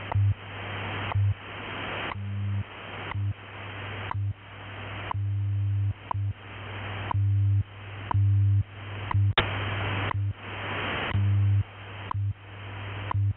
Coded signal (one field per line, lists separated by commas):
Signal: radio time signal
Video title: WWV Time Station 1 Hour Full Cycle - No Loop Radio ASMR